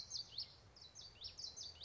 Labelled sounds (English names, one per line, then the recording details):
Common Yellowthroat
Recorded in Sonoma County, California